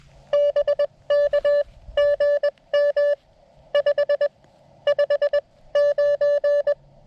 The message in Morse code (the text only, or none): BK GM 559